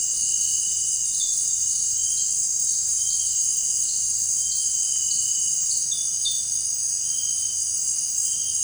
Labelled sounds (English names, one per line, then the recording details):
none
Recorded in dense forest near Puerto Asís, Putumayo, Colombia, on 13 March 2025 at 18:00
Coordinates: 0.484, -76.317
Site G064